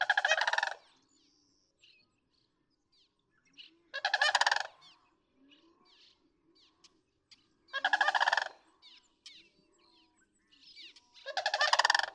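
Sandhill crane calling four times, each a short trumpeting, rattled burst spaced about four seconds apart, with soft scattered bird notes between.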